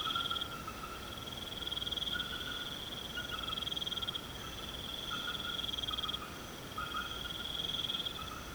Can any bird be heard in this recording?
no